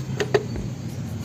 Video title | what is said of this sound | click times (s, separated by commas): SIDE PANELS OF ROYAL ENFIELD METEOR 350 🤔🤔 - AIR FILTER, TOOL BOX, BATTERY, STORAGE - KARAN VERMA | है, वो आपको टक की आवाज़ आ जाएगी। | 0.2 s, 0.4 s